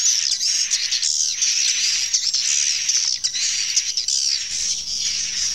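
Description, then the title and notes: Swiftlets twittering in a continuous high, shrill mass, swelling into brief louder bursts every second or so. Swiftlet calls used in swiftlet bird farming in Asia. "Swiflet Bird Sound. Farming Swiflet Bird asia sound"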